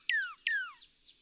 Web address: songs Northern Cardinal